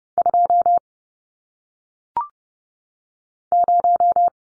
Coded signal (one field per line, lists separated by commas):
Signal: Morse code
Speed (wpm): 30 wpm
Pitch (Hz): 700 Hz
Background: none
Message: 2 0